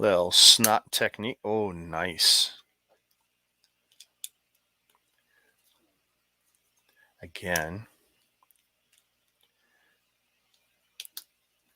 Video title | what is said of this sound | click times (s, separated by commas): Let's Continue Building Jumbo Eevee.. Mega Construx GMD34 Pokemon Jumbo Eevee 2020 830pcs pt2 | come on there we go nice very satisfying snap | 11.0 s, 11.2 s